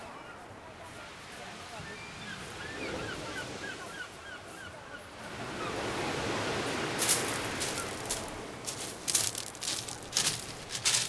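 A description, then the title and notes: Afternoon on the beach at Étretat: soft murmuring voices, then a wave surges in after five seconds, followed by sharp crackling bursts as it washes back. Étretat. Afternoon, Beach.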